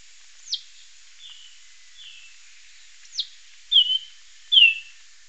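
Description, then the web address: Bird calls: two sharp high downward notes, faint short slurs between, then two loud bright chirping notes close together near the end. "BIRD 2015 SABIOD 50 bird 2015"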